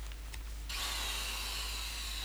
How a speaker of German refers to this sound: Was war das denn? Was ist denn los? Da war doch gar nichts. Doch, hörte sich an, als wenn jemand gebohrt hätte und so ähnlich.